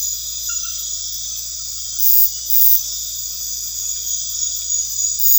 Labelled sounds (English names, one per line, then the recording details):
none
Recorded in pastures near Puerto Asís, Putumayo, Colombia, on 4 March 2025 at 22:30
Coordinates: 0.502, -76.324
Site GP07